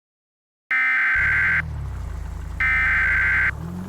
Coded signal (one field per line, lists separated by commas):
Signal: Emergency Alert System (SAME) tones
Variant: header bursts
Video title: EAS Severe Thunderstorm Watch 388 in BC